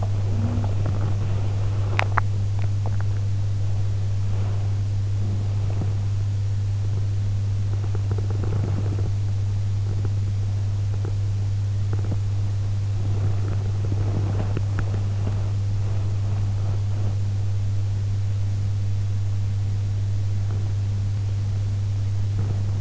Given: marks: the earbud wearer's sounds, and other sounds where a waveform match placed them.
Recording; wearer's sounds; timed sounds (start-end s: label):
sounds in sleep by an in-ear microphone; body movement, teeth grinding
0.00-5.96 s: body movement
1.90-2.34 s: teeth grinding
7.62-9.17 s: teeth grinding
9.80-15.37 s: teeth grinding
13.04-22.81 s: body movement